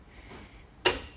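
The bottom eccentric blade adjuster on a slurry macerator housing is pulled out, giving a sharp metallic bang at 0.9 s that rings briefly after low background noise. Pulling the adjuster out releases it and re-tensions the blade against the cutting screen.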